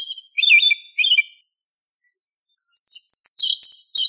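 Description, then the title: Thrush delivering a jumbled song of lower warbles that climb into high, sharp chirps and buzzy twitters, with brief pauses between phrases. "Familia Turdidae - Sabia"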